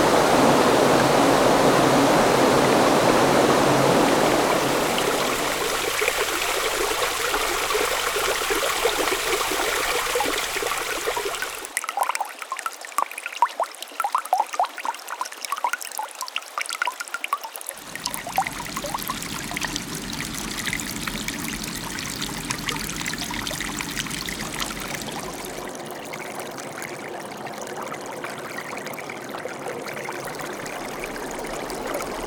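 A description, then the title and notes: Water flows steadily in the wild, a full rushing sound at first that thins after about five seconds. Around twelve seconds the low rumble drops away, leaving bright, splashing trickles and burbles, and the flow stays lighter and more detailed to the end. Wilderness - Flowing Water Sound Effects.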